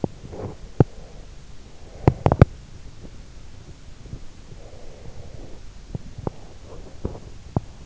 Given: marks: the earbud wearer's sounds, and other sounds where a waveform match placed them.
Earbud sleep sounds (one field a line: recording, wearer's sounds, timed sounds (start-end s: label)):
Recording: sounds in sleep by an in-ear microphone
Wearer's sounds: teeth grinding, breath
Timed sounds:
0.00-1.31 s: teeth grinding
1.94-2.71 s: teeth grinding
4.56-5.74 s: breath
5.91-7.71 s: teeth grinding